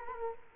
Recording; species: mosquito wingbeat signal from an infrared sensor; Culex quinquefasciatus